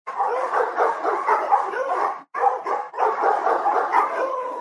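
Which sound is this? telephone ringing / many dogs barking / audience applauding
many dogs barking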